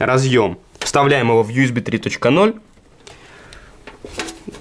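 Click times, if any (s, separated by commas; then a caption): 4.2 s. Someone talks, then the front-panel USB 3.0 cable plug of a PC case is pushed into the USB 3.0 header on the motherboard with a little force, with small clicks and scrapes of handling at about 3.1, 3.5 and 3.9 seconds. The plug clicks in at 4.2 seconds and is seated in the header.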